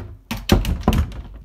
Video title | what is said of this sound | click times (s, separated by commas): How to Shim a Door so it Latches | it latches so perfect both doors are fixed they latch and you can either shim it or | 0.3 s, 0.5 s